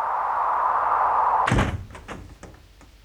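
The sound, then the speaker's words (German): A steady humming drone runs for a moment, then an apartment door is shut with one heavy, solid thud, followed by a few faint rattling clicks as it settles. No one speaks. “Schnell die Tür zu.”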